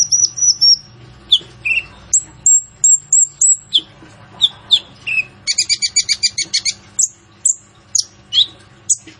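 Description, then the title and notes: Sunbird song: high whistled trills and sharp chirps, with a dense buzzy rattle midway and quick sweeping notes after it. Masteran (training recording for songbirds), loud, persistent singing with rich fill-in phrases and bursts, suited to prompting other birds to sing. "MASTERAN KOLIBRI NINJA FULL ISIAN DAN TEMBAKAN COCOK BUAT PANCINGAN. Suara Burung Kolibri Ninja Gacor"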